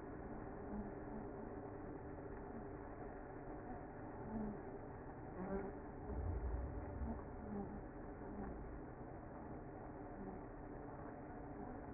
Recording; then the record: honeybee colony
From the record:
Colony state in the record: active